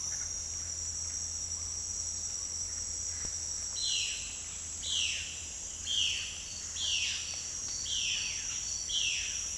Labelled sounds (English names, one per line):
Violaceous Jay